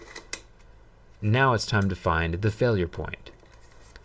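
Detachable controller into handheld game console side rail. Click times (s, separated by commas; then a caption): 0.3 s. A plastic detachable controller slides down the metal side rail of a handheld game console and latches with a sharp, loud click at 0.3 s after a few smaller sliding noises, seating securely. Someone then talks.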